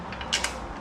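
A click-type torque wrench tightens the next transmission pan bolt in the tightening pattern on a TH350 transmission. A faint tick at 0.2 s is followed by the wrench's sharp click at 0.3 s as it reaches its torque setting, then a second short tick at 0.4 s. The bolt is confirmed torqued to spec.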